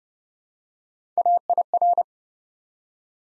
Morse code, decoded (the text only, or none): AIR